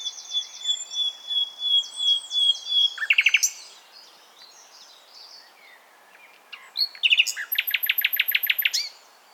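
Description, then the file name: Common nightingale song: pure sustained whistles and varied chirps, then a gap and a loud burst of rapid repeated notes near the end. "Luscinia megarhynchos"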